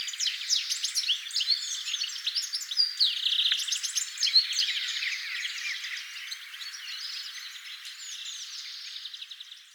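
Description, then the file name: European goldfinch twittering: fast tinkling notes and short buzzes run together in a busy, unbroken flow that fades slightly toward the end. "Carduelis carduelis"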